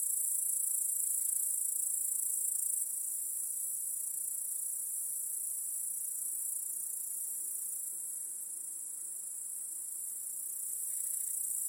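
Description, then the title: Crickets in a steady, high-pitched shimmering chorus that runs unbroken throughout, with small changes in loudness. Cricket chorus in a home backyard at night. "Crickets in Your Backyard. Discovering the Sounds of Home"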